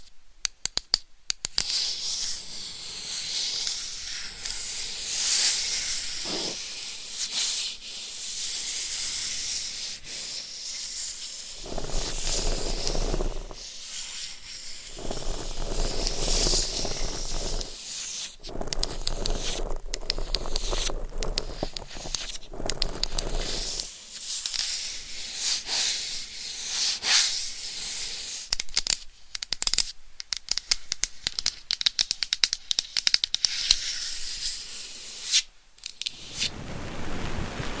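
Scratching runs almost continuously through the clip, a bright, dense scraping with a rough, hissy texture, like rubbing or sanding. Its loudness rises and falls in uneven stretches, with short sharp ticks scattered throughout and a few deeper thumps around 12–14 and 20 seconds.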